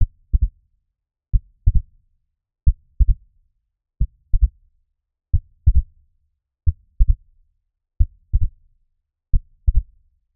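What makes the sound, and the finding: Heart by stethoscope. Third heart sound (S3).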